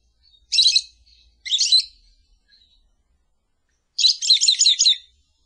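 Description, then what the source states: Lovebird calls: two grating high chirps followed after a gap by a rapid, stuttering burst of shrill notes. Sound used to lure lovebirds.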